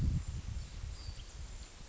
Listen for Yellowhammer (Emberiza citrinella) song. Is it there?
no